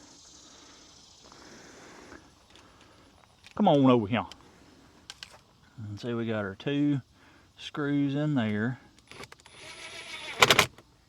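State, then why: Stripped. Two trim screws are run down into the inner door panel of a 2001 Buick during a window regulator replacement, while someone talks between quieter handling noises. A quick burst of sharp clicks follows at 10.4, 10.5 and 10.6 seconds as the screws are driven. One screw strips out.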